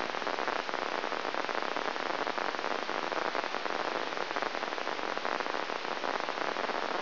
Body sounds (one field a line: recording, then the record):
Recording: brain microelectrode recording played as sound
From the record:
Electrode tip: inside the subthalamic nucleus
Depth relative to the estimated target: 1 mm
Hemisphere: left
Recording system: AlphaMap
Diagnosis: Parkinson's disease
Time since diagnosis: 20 years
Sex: female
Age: 65 years